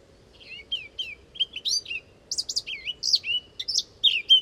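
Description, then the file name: Eurasian blackcap song building from faint notes into a lively warble of varied whistles and slurred chirps, getting louder as it goes. "Sylvia atricapilla"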